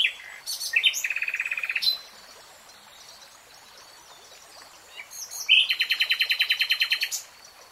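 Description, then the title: Nightingale song with rapid, evenly repeated rattling trills, two long phrases separated by a quiet gap of about three seconds. Singing, in a 3-hour real-time recording. "[Tiếng chim hót] REALTIME Nightingale Singing"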